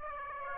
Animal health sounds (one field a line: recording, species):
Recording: mosquito wingbeat signal from an infrared sensor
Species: Aedes aegypti